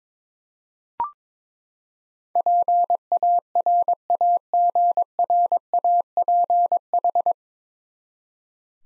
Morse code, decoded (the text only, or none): PARAGRAPH